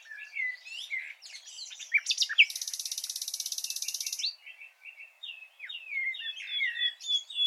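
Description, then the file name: Common nightingale singing varied phrases around a long buzzy rattle lasting about two seconds, followed by sliding whistles and chirps. "Luscinia megarhynchos"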